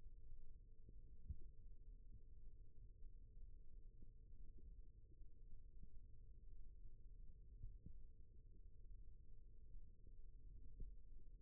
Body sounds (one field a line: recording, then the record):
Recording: forearm muscle sounds (acoustic myography)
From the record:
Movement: rest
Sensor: system 1, eight BSWA MPA416 microphones around the upper forearm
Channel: 7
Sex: male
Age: 21 years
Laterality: right